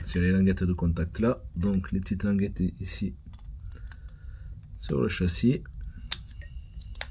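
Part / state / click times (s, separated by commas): electric motor and its holder into a plastic mini 4WD chassis / seated / 6.1 s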